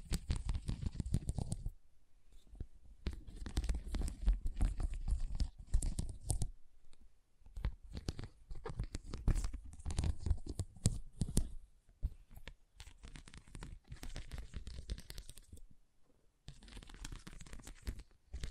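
Scratching and tracing: dense bursts of rough, papery scraping with crackly, tearing edges, running in strokes of a few seconds. Short silent gaps fall near 2, 7, 12 and 16 seconds, and a soft low rumble sits beneath the louder passages.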